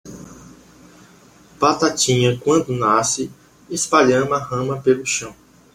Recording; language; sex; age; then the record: short text; Brazilian Portuguese; male; 20 to 29 years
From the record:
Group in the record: control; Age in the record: 27 years